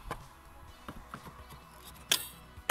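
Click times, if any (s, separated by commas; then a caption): 2.1 s. A public EV charging station's connector is carried over and pushed into an electric car's charging inlet. Soft handling taps come first, then a sharp latching click at 2.1 s and another sharp click at 2.7 s. The connector is seated in the car's port.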